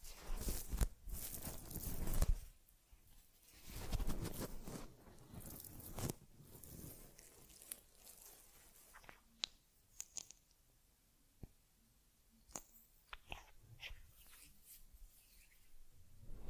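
Teddy bear care with brushing and handling of fur and fabric. The first six seconds hold dense, scratchy rubbing in bursts, then things quiet into sparse crisp clicks, taps and short crunchy scrapes spaced a second or so apart, with a faint low hum underneath.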